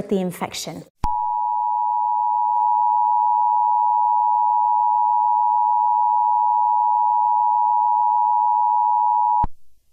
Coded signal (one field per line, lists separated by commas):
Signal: Emergency Alert System (SAME) tones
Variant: 853 and 960 Hz attention tone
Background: speech